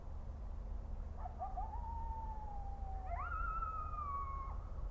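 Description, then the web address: Coyote howls: one long, slowly falling howl after a few short yips, then a second higher, flat howl with strong harmonics, over steady low rumble. Coyotes recorded on an audio monitor at GRKO, 30 December 2009, 21:35. "rmaher audio monitor GRKO 20091230 2135 coyotes"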